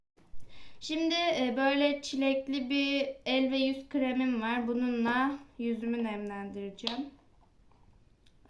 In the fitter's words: açıyoruz tık diye açılıyor